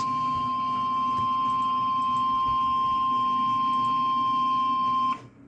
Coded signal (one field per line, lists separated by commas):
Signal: Emergency Alert System (SAME) tones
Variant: 1050 Hz attention tone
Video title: EAS#124 Severe Thunderstorm Warning on WXJ71 (09/18/2022).